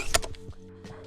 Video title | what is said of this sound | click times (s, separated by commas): Hatson 125 Sniper Vortex - Basic Training | So at the very end, I'll replay it a couple times so you can hear the click, but it goes at the very bottom, and that's how you know you're good. | 0.1 s